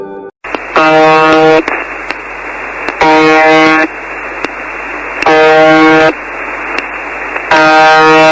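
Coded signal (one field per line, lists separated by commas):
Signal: channel marker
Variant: UVB-76, The Buzzer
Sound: four harsh one-second buzzes, roughly two seconds apart, with hissing static between them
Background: radio static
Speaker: suara yang diberi nama UVB 76 the bazar ini diyakini sebagai kode rahasia yang hanya berisikan pesan penting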